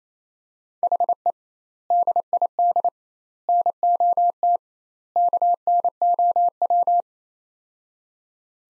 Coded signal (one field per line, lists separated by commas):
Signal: Morse code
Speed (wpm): 28 wpm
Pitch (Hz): 700 Hz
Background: none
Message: HE DID NOT KNOW